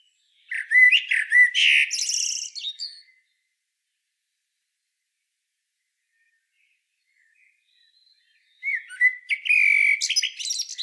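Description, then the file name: Eurasian blackbird song: two phrases, each opening with low mellow fluted notes and ending in a burst of high, squeaky twittering, with a long silent pause between them. "Turdus merula"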